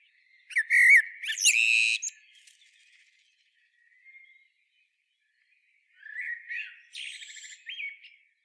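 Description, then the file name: Common blackbird: whistled notes running into a squeaky twitter, a quiet pause, then a second phrase of warbled whistles and squeaky notes. "Turdus merula"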